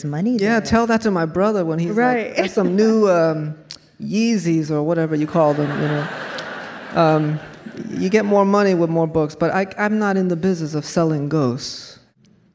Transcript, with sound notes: Yeah. Tell that to my brother when he...
Right.
...Wants some new Yeezys or whatever you call them, you know?
(LAUGHTER)
You get more money with more books, but I'm not in the business of selling ghosts.